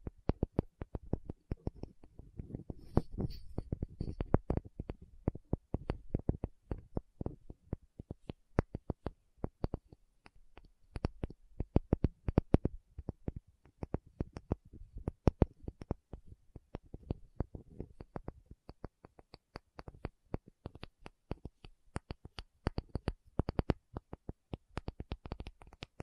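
A tapping session of quick, sharp taps that come in dense, uneven runs for the whole stretch. The hits are crisp and clicky, some louder than others, with brief softer patches and a faint low murmur underneath in the first few seconds.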